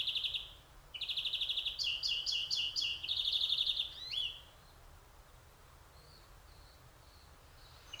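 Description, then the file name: European greenfinch singing a long, continuous chain of rolling trills at changing pitches, a brief upward flick, then near silence with faint notes. "Chloris chloris"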